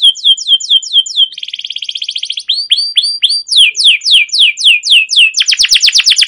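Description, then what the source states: Canary song, continuous and varied: swooping whistled notes, a fast rattling trill, more downward-sweeping notes, and a rapid trill at the end. Long rolling 'ngerol' gacor canary song with 'cuit cuit' notes, used as a lure or master recording to train and stimulate other canaries.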